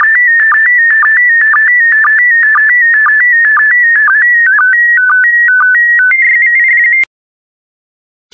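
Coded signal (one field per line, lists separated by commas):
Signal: SSTV (slow-scan television)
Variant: PD120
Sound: warbling electronic tone stepping between pitches with regular low blips twice a second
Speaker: Five, four, three, two, one. Thank you. Transmission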